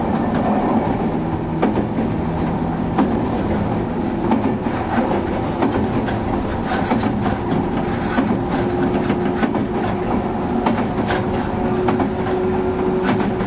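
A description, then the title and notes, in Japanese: A train running on the Bantan Line, heard as a steady, dense rumble that holds an even level throughout. Frequent sharp clicks and knocks from the wheels cut through, and a faint sustained tone rises and holds in the second half. 103系 播但線普通 01/01:姫路～寺前。播但線＂の列車走行音。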